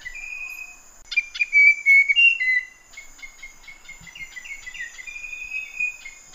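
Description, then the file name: Fantail song: a run of clear whistled notes, some held and some short, stepping up and down, with a steady high insect-like hiss throughout. "kipasan lurik omkicau"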